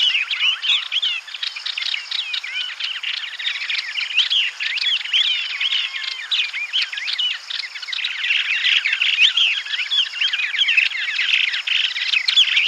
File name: Yellow-eyed-Babblers scald-song